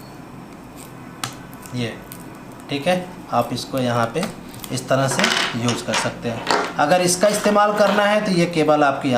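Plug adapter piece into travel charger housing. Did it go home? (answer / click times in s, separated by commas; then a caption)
yes / 1.2 s. A plastic plug adapter piece is pressed into its slot on a Portronics UBOX international travel adapter hub, giving a sharp click at 1.2 s, with a smaller sound at 1.5 s. Someone then talks. The adapter module snaps and locks into the travel charger body, seated.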